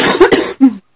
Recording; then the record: coughing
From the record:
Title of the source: 30 Chesty and wet cough